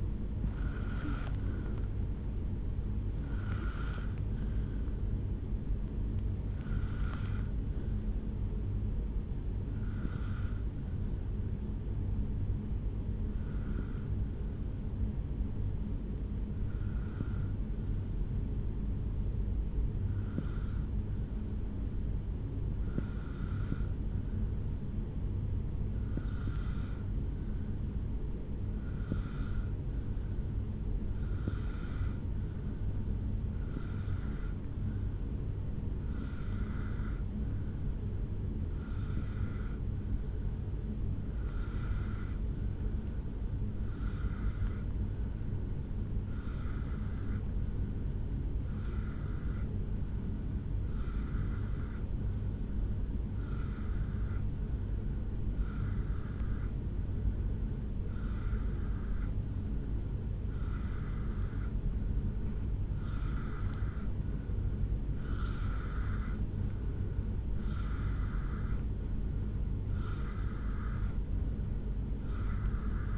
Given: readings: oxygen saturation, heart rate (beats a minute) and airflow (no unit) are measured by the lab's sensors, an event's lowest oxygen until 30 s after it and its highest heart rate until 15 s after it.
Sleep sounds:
breathing in sleep by a smartphone at the bedside; 1
11.00-65.70 s: hypopnea (N2, oxygen 97% highest, then 88% lowest, heart rate 54 at the start, 71 highest)
57.00-73.18 s: new sleep stage, N3 (deep sleep)
From the record:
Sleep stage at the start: N2 (light sleep); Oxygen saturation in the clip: 87 to 97%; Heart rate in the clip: 52 to 78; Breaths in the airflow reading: 19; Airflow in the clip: -1.9 to 4.8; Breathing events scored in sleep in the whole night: 449 in 7.0 hours asleep

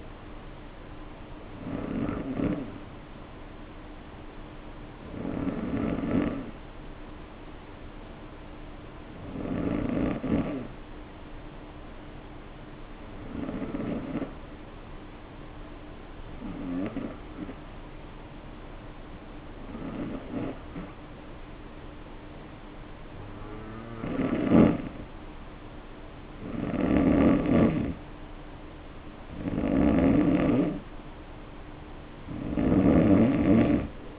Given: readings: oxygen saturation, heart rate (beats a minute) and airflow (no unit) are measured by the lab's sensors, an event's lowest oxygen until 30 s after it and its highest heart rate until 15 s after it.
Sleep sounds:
breathing in sleep by a voice recorder at the bedside; 1
3.00-27.20 s: hypopnea (N2, oxygen 95% highest, then 88% lowest, heart rate 53 at the start, 60 highest)
From the record:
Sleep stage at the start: N2 (light sleep); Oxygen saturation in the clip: 91 to 95%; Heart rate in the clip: 52 to 60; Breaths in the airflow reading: 11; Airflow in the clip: -2.7 to 1.9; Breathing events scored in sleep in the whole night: 520 in 7.2 hours asleep

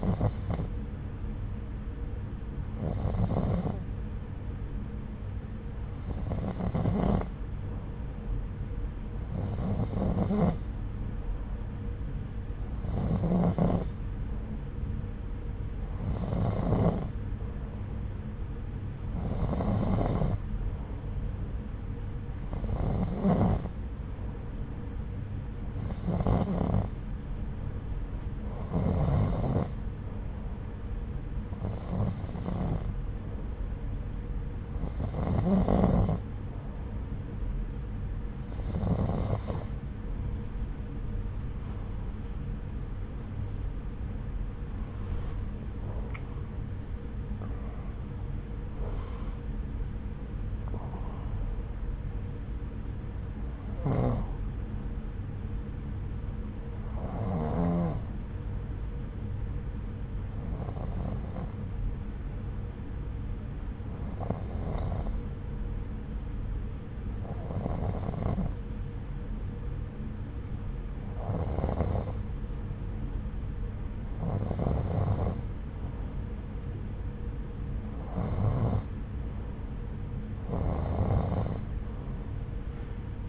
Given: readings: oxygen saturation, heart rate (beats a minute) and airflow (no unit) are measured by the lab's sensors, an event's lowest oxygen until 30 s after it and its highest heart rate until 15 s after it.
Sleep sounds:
breathing in sleep by a smartphone at the bedside; 1
26.00-44.20 s: hypopnea (N2, oxygen 91% highest, then 90% lowest, heart rate 71 at the start, 91 highest)
46.00-76.00 s: new sleep stage, N1 (lightest sleep)
76.00-83.29 s: new sleep stage, N2 (light sleep)
From the record:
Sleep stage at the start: N2 (light sleep); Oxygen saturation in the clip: 90 to 92%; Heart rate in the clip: 69 to 91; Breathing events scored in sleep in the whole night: 303 in 8.1 hours asleep

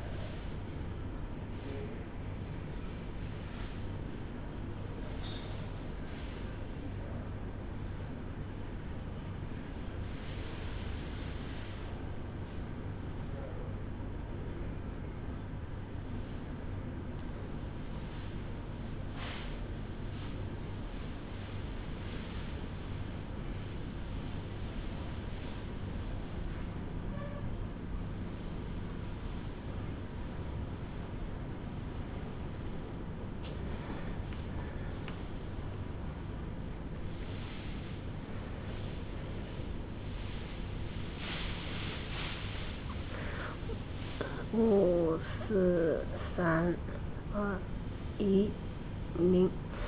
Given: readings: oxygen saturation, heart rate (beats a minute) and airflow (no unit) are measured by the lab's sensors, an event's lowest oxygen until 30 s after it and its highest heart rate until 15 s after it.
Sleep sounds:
a person awake in a sleep study, by a smartphone at the bedside; none
0.00-49.88 s: awake
From the record:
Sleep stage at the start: awake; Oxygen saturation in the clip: 94 to 95%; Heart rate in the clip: 62 to 64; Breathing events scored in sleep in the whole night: 305 in 9.6 hours asleep

